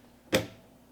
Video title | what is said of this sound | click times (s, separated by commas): First CRICUT Project - Cricut with Me TUTORIAL | there's a click and close it back up awesome | 0.4 s